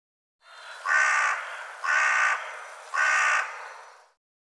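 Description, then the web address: Bird giving three harsh, drawn-out cawing calls roughly a second apart, with a faint steady hiss between them. "cianscape birddata Deverinetal"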